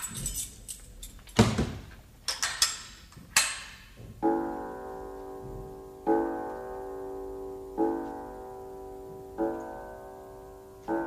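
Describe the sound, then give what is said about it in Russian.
A door is shut and locked, with sharp clicks, clunks and a jangle of keys, followed by about five steady, ringing chime tones repeating at an even, slow pace. “Смотрите, Марья Петровна, вы их оставили в дверях, а мы ищем.”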